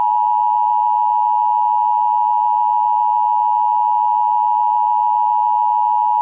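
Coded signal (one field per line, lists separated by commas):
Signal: Emergency Alert System (SAME) tones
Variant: 853 and 960 Hz attention tone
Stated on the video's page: iPAWS Local Area Emergency alert for Galveston, Texas.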